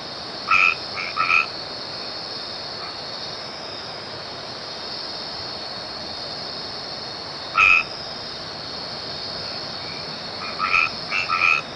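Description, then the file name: White-edged treefrog calls: short bright honking notes, some paired, in bursts near the start, past the middle and near the end, over a steady high drone. "Boana albomarginata"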